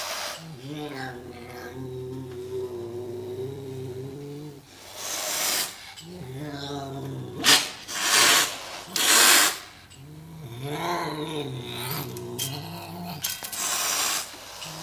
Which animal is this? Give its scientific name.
Leptailurus serval